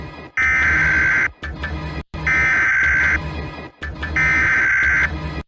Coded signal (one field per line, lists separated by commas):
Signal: Emergency Alert System (SAME) tones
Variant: header bursts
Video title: eas scenario catemojibabyheat the young country bombers vs emoji baby abuse part 35 welcome to palo